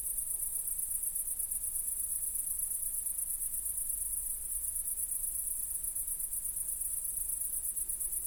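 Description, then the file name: Crickets giving continuous high, finely pulsed chirps throughout, over a low background rumble. "Grillons"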